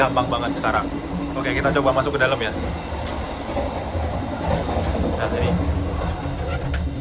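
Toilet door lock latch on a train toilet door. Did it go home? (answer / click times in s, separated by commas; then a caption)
yes / 6.7 s. Inside the toilet of a new-generation Majapahit economy train, someone talks over a steady low rumble of the moving train. The door has already closed by itself, and the door lock lever is flipped. One short click at 6.7 s shows the latch has locked shut.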